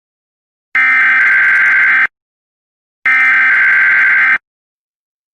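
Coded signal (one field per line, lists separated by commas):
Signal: Emergency Alert System (SAME) tones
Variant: header bursts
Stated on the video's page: Fake, simulated Philippine EAS alert made by someone else.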